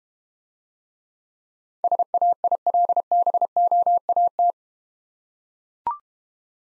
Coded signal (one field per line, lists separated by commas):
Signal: Morse code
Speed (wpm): 32 wpm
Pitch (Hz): 700 Hz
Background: none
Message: SAILBOAT